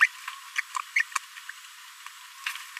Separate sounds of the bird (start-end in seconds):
0.00-0.06, 0.58-0.60, 0.96-1.02